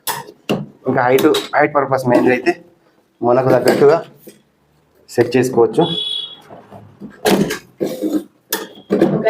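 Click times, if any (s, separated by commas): 8.5 s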